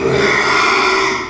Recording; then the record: squeal of a Yucatan mini pig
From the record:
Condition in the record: after surgery on the right vocal fold (resection and tissue-engineered implant); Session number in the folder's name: 1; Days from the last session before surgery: 6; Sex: male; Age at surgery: 12 weeks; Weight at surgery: 13 kg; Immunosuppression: cyclosporine, prednisolone